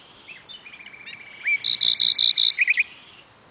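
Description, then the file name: Common nightingale song opening with a soft drawn-out whistle, then a loud run of about five chunky repeated notes and a few quick chirps. "Luscinia megarhynchos"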